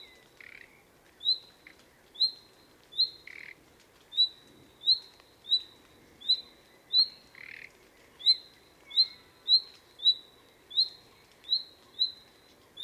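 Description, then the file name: Common nightingale giving a steady series of clear whistles, about one per second, with a few lower rasping notes mixed in. "Luscinia megarhynchos"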